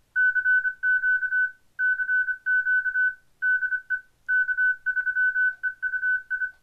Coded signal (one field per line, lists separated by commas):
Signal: Morse code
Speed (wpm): 25 wpm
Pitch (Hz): 1500 Hz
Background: none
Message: CQ CQ DE K3EUI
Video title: HAM-CON 2021: Basic Overview of Digital Modes and Tradeoffs” – Barry Feierman K3EUI